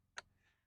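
A STIHL FS 90 brushcutter's line head is turned while being refitted onto the shaft until it stops with the locking pin in position. A single sharp tick at 0.2 s marks the trimmer head clicking into place on the pin, and it is seated.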